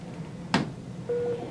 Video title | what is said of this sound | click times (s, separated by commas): Overview of the Avalon Fetal Monitor | place the fetal heart rate transducer into the socket push until you hear it click | 0.5 s